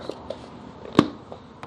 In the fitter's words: put it in and you'll hear it snap